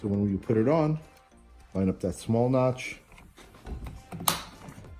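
A notched plastic part on the body of a First Drive single-seat BMW 4-Series kids' ride-on car is lined up by its small notch and pressed on while someone talks. A few light taps lead up to one sharp click at 4.3 seconds as the part snaps into place and is seated.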